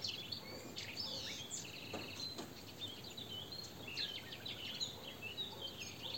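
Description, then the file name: European goldfinch twitters, rapid high chattering notes continuing without pause over light background noise. "Carduelis carduelis"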